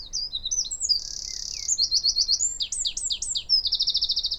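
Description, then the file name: Eurasian wren in full loud song: a fast tumbling run of shrill notes, a long buzzy trill, sliding chips and a final rapid rattle. "Troglodytes troglodytes"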